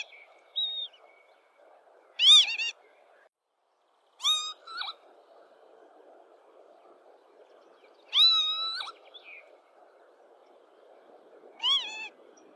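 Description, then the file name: Lapwing uttering harsh, ringing, arched calls, most followed by a short second note, at uneven intervals; a faint high whistled note over steady background noise. "canto do abibe"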